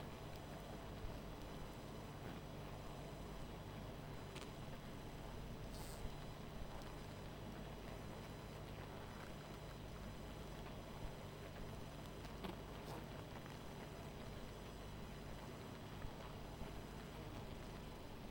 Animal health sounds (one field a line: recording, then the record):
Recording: honeybee colony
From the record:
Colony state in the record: missing queen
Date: 14 July 2017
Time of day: 20:53